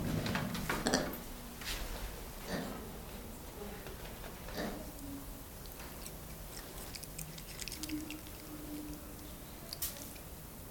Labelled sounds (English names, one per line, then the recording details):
Black Lemur call
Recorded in captivity
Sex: pair
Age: adult
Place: Zoo Dresden, Sachsen, DE
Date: 1997-02-14 15:50
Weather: heiter bis wolkig, 5 bis 7°C
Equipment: Nagra SN, Kopie Uher 4000 Report Monitor
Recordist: Tembrock, Günter
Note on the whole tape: Weibchen vorn, Männchen nähert sich, Laute dabei (Entfernung 1 m)